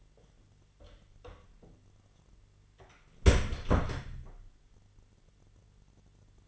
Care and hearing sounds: daily activity, microphone in the room; close door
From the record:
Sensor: 4

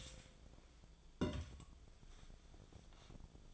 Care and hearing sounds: daily activity, microphone in the room; take from stove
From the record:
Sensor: 5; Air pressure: 1010.0 hPa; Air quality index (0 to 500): 153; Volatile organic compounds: 3 ppm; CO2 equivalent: 1492 ppm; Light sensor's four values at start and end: 254/612/262/290 and 258/614/265/296

